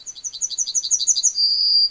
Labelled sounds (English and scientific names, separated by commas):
Yellowhammer (Emberiza citrinella) song